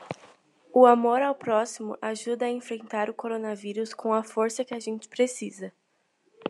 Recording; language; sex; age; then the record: spoken sentence; Brazilian Portuguese; female; 20 to 29 years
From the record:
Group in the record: control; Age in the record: 22 years